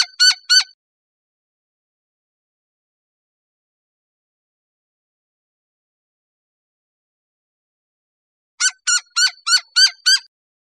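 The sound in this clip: Gila woodpecker giving short bursts of harsh, nasal notes: a few quick calls at the start, a long silence, then a run of evenly spaced calls near the end.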